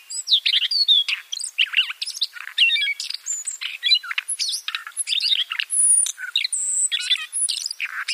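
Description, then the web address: Siberian rubythroat song, a sustained, hurried medley of sweet whistles, harsh rasps and thin high notes, delivered almost without a break. "Schulze Peter Siberian Rubythroat song"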